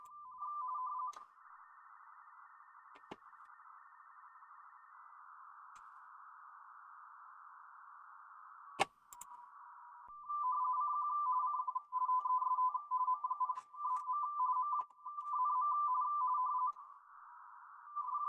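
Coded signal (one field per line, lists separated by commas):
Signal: RTTY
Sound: warbling two-tone teleprinter chatter around 1 kHz, several bursts with brief gaps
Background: radio static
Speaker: Well, hopefully our stuff is okay. [Music] Our first one. Germany.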